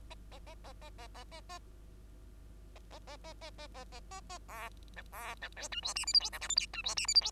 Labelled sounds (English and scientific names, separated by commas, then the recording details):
Bengalese Finch (Lonchura striata domestica) song
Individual Bird2